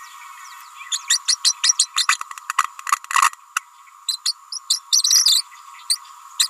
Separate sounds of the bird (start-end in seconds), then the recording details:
0.91-0.98, 1.10-1.19, 1.27-1.36, 1.44-1.54, 1.63-1.74, 1.79-1.88, 1.96-2.07, 2.08-2.19, 3.22-3.30, 4.08-4.17, 4.25-4.34, 4.52-4.59, 4.70-4.80, 5.03-5.25, 5.89-5.98, 6.39-6.48. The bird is a female. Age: 29 days. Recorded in a nest box in Venezuela. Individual 17B31A3